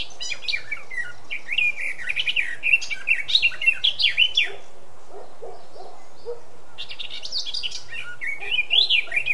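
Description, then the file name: Eurasian blackcap song in two bursts of fluid, looping whistled notes, a few softer lower chirps between, background hiss. "Sylvia atricapilla"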